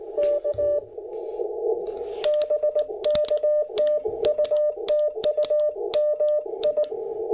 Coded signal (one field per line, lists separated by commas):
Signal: Morse code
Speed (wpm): 18 wpm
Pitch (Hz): 600 Hz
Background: none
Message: K BK TU TU MI